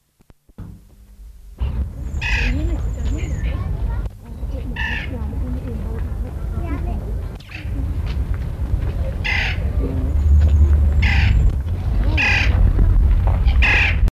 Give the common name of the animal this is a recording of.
West Indian Woodpecker